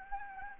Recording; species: mosquito wingbeat signal from an infrared sensor; Anopheles gambiae